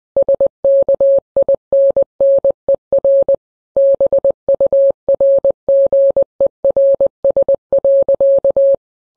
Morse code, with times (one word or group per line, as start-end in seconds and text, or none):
0.2-3.3 SKINNER
3.8-8.7 BURGERS.